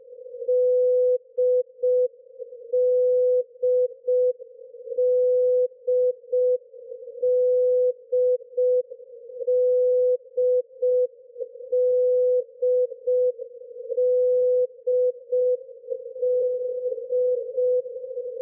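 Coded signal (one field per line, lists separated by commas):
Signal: channel marker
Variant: D marker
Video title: Russian "D Marker" at 13527 kHz in CWN mode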